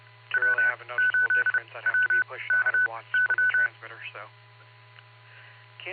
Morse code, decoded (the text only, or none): W 8 W K Y